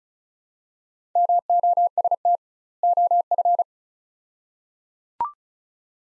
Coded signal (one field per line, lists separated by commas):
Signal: Morse code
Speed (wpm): 34 wpm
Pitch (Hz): 700 Hz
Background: none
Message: MOST OF